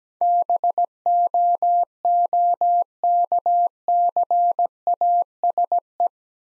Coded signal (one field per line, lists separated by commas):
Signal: Morse code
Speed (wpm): 19 wpm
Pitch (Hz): 700 Hz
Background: none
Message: BOOKCASE